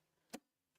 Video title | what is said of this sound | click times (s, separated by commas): Stitching with SnL - All about the Babylock Acclaim | You line that up. It snaps right into position. | 0.3 s